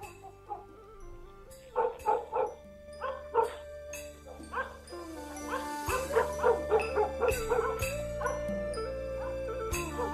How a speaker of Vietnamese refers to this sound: Đúng lúc ấy, tiếng chó ở trong làng lại cắn lên nhấm nha nhấm nhặng.